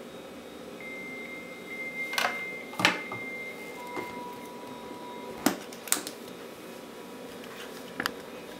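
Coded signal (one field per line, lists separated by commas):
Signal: dial-up modem handshake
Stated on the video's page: 300 baud acoustic coupler modem dialing with a rotary telephone, with much data corruption.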